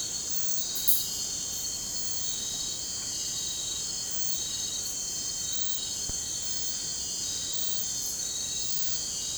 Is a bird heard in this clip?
no